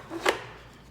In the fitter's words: and it literally clicks in place.